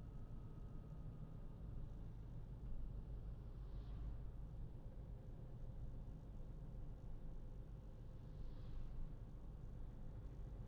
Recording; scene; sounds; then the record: everyday scene through a hearing-aid microphone; in a vehicle; engine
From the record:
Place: Berlingo II, diesel engine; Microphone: in the ear canal, left